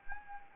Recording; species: mosquito wingbeat signal from an infrared sensor; Anopheles arabiensis